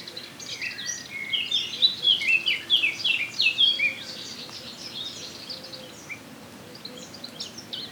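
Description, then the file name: Eurasian blackcap delivering a rapid warble of bright, high notes in the first half, then fading to faint occasional chirps. "Sylvia atricapilla"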